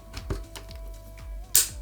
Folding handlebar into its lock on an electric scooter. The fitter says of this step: and it will snap in place and it's locked perfect